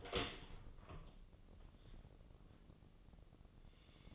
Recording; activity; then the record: daily activity, microphone in the room; open door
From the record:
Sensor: 4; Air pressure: 1013.1 hPa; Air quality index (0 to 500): 178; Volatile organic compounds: 2 ppm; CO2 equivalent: 1118 ppm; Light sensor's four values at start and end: 70/171/72/72 and 97/242/99/105